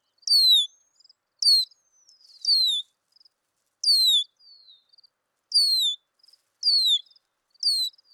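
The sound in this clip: Red-winged blackbird repeating high descending whistles about once a second, with faint buzzy notes between some of them.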